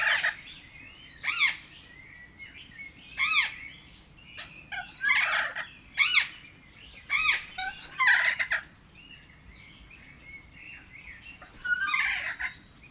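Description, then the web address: Kea giving loud, harsh screeches with sharp downward sweeps in an irregular series. Captive kea in a zoo in Jászberény, recorded on 24 March 2016. "jaszberenyizoo 2016 professzionalis kea"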